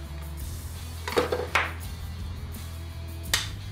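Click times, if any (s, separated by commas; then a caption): 3.3 s. An Ocean Tech aquarium UV filter body is pushed onto its plastic wall mounting bracket over a steady low hum, with sharp plastic knocks at about 1.1 and 1.6 seconds. A final sharp snap at 3.3 seconds marks the filter locking in place on the bracket.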